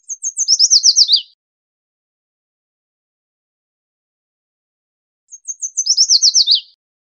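Yellow warbler song repeated twice, each phrase a series of high sweet notes quickening into a fast downslurred finish, separated by about four seconds of silence.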